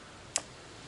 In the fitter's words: You'll feel it snap into place. You'll also hear it.